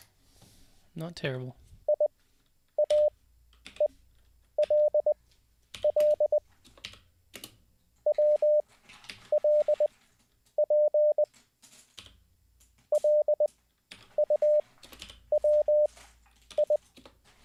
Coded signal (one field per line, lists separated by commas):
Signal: Morse code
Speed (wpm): 20 wpm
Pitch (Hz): 600 Hz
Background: speech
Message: EIAELL WLP LUWI